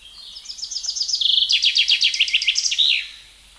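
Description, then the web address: Common chaffinch song, a long series of rapid repeated high notes in several phrases, ending in a flourish. "SETE Fringilla coelebs"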